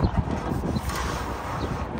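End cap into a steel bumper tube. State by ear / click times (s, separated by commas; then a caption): not seated / none. A magnetic end cap is slid into a four-inch steel bumper tube and lined up before being pushed home. Only low, steady handling noise and a rumbling background are heard, with a few soft low thumps near the start. Nothing has seated or clicked yet.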